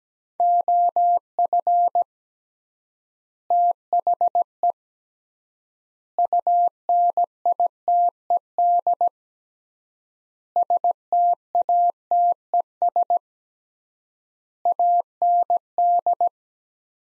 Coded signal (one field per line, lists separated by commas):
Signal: Morse code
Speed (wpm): 17 wpm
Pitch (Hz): 700 Hz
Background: none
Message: OF THE UNITED STATES AND